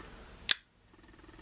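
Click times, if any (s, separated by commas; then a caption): 0.5 s. A 5.11 First Responder folding knife with G10 grip slabs has its blade opened, and the steel frame lock snaps into place behind the blade. A single sharp, bright click sounds at 0.5 s over a faint background, then quiet follows. The frame lock is seated and tight.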